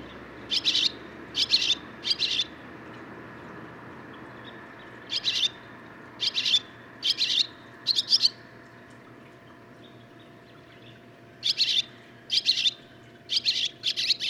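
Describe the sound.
Barn swallow song heard as spaced small groups of scratchy chirps, with a long pause midway and a low hum beneath.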